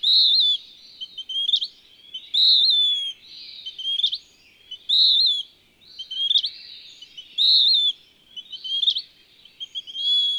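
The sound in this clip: Bird song: high, whistled warbling phrases alternate with chatters that end in a sharp upward chirp, the pattern repeating about every two and a half seconds over faint low background noise.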